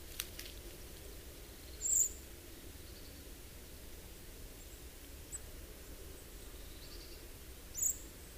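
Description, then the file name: Common blackbird uttering two high, thin seep notes roughly six seconds apart, with a few faint ticks and low background rumble. "Turdus merula"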